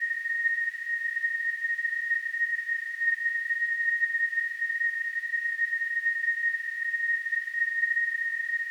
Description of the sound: Tinnitus.